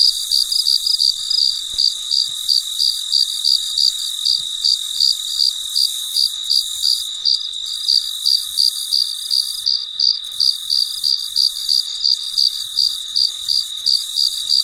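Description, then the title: Cricket song of quick high chirps, close to three per second, continuing throughout over a faint constant background hiss. Recorded late at night, in very quiet surroundings. "深夜录制蟋蟀昆虫声"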